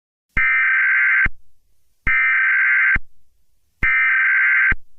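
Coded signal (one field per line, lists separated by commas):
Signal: Emergency Alert System (SAME) tones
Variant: header bursts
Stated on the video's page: Fictional EAS scenario.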